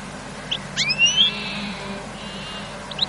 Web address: european goldfinch